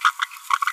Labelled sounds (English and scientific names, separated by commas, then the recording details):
Green-rumped Parrotlet (Forpus passerinus) babbling
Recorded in a nest box in Venezuela
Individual 18B25A4